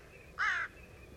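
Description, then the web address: Bird giving one short harsh caw, slightly wavering, over quiet background hiss. "cianscape. Deverinetal 2025. Bird Only"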